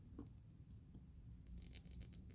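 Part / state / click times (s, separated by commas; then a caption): motorcycle footpeg detent ball into peg mount adapter / not seated / none. A new Kuryakyn footpeg is slid across its peg mount adapter on a 2021 Harley-Davidson Street Bob 114 FXBBS, moving its spring-loaded detent ball toward the last detent hole. Over a low steady rumble, faint short ticks and scrapes of the handling come through, clustered between about 1.6 and 2.0 seconds. The clip ends before the part goes home, so the ball has not yet popped into place and nothing has seated.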